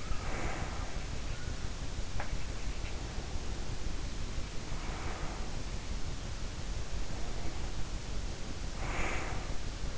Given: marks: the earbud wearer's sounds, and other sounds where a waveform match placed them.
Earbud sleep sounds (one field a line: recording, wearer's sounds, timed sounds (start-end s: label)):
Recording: sounds in sleep by an in-ear microphone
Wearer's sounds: breath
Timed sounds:
0.00-1.62 s: breath
2.17-2.33 s: sound from someone else or the room
2.93-5.59 s: breath
7.05-9.52 s: breath